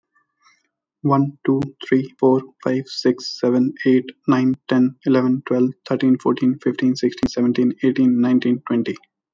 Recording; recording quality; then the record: counting at a fast pace; excellent, no background noise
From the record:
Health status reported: healthy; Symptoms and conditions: none ticked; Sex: male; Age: 27 years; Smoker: yes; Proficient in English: yes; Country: India